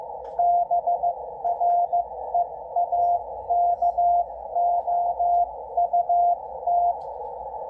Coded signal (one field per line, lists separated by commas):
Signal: Morse code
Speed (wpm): 14 wpm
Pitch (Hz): 700 Hz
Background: none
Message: BREAKOUT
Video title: W1AW Amateur station decoding Yaesu FTdx10 transceiver using attenuator and DNR 80 meters shortwave